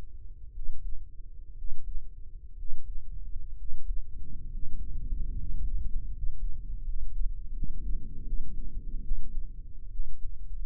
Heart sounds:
heart sounds by microphone in the right ear; 70 bpm
0.50 s: heartbeat
1.53 s: heartbeat
2.53 s: heartbeat
3.54 s: heartbeat
4.47 s: heartbeat
5.32 s: heartbeat
6.09 s: heartbeat
6.81 s: heartbeat
7.50 s: heartbeat
8.22 s: heartbeat
9.00 s: heartbeat
9.88 s: heartbeat
From the record:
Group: healthy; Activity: rest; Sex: male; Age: 23 years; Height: 178 cm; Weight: 96.6 kg

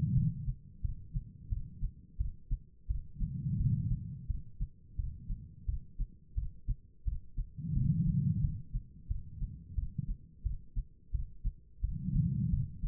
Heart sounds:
heart sounds by stethoscope; 87 bpm
0.14 s: heartbeat
0.82 s: heartbeat
1.49 s: heartbeat
2.17 s: heartbeat
2.87 s: heartbeat
3.57 s: heartbeat
4.27 s: heartbeat
4.96 s: heartbeat
5.66 s: heartbeat
6.35 s: heartbeat
7.05 s: heartbeat
7.74 s: heartbeat
8.41 s: heartbeat
9.08 s: heartbeat
9.75 s: heartbeat
10.43 s: heartbeat
11.12 s: heartbeat
11.81 s: heartbeat
12.50 s: heartbeat
From the record:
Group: healthy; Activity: rest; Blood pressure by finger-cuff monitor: 151/105 mmHg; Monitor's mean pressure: 122 mmHg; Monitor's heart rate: 88 bpm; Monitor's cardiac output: 5 L/min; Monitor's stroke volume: 57 mL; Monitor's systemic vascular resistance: 1810 dyn s/cm5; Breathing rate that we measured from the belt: 14 breaths a minute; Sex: female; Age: 51 years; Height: 162 cm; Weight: 70.04 kg

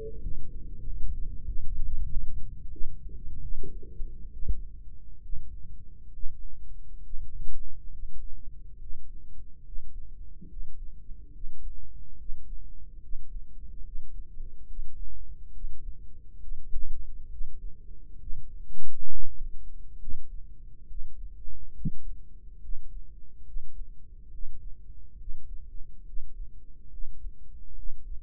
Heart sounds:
heart sounds by microphone in the right ear; 72 bpm
0.19 s: heartbeat
0.82 s: heartbeat
1.44 s: heartbeat
2.06 s: heartbeat
2.70 s: heartbeat
3.41 s: heartbeat
4.31 s: heartbeat
5.21 s: heartbeat
6.11 s: heartbeat
7.01 s: heartbeat
7.89 s: heartbeat
8.77 s: heartbeat
9.62 s: heartbeat
10.47 s: heartbeat
11.31 s: heartbeat
12.16 s: heartbeat
12.99 s: heartbeat
13.82 s: heartbeat
14.66 s: heartbeat
15.51 s: heartbeat
16.38 s: heartbeat
17.28 s: heartbeat
18.17 s: heartbeat
19.08 s: heartbeat
19.98 s: heartbeat
20.86 s: heartbeat
21.73 s: heartbeat
22.59 s: heartbeat
23.43 s: heartbeat
24.29 s: heartbeat
25.16 s: heartbeat
26.03 s: heartbeat
26.88 s: heartbeat
27.74 s: heartbeat
From the record:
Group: healthy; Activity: breath hold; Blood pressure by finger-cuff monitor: 90/54 mmHg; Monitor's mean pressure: 65 mmHg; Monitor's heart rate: 70 bpm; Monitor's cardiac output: 5.6 L/min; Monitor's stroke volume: 81 mL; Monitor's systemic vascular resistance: 830 dyn s/cm5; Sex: female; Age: 22 years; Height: 163 cm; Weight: 67.1 kg

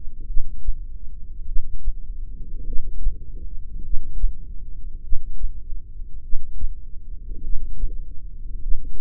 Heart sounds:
heart sounds by microphone in the left ear; 50 bpm
0.28 s: heartbeat
1.48 s: heartbeat
2.66 s: heartbeat
3.84 s: heartbeat
5.04 s: heartbeat
6.24 s: heartbeat
7.44 s: heartbeat
8.62 s: heartbeat
From the record:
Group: heart failure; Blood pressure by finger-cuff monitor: 111/59 mmHg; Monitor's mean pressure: 76 mmHg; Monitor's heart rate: 50 bpm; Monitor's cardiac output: 4.6 L/min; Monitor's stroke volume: 91 mL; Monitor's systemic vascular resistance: 1190 dyn s/cm5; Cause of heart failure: cardiac sarcoid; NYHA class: 1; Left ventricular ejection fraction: 39%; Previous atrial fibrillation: present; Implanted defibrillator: present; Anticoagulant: apixaban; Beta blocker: carvedilol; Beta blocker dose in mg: 50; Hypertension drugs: ramipril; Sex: male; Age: 79 years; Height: 184 cm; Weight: 92.5 kg

